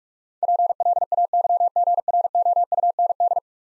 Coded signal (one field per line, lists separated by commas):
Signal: Morse code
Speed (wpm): 45 wpm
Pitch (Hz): 700 Hz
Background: none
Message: PLAYGROUND